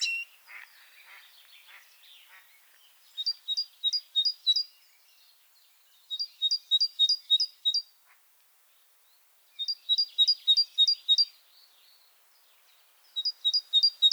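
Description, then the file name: Great tit song: repeated strophes of five or six clear two-note phrases about every three seconds, after a brief scratchy chatter at the start. "Parus major"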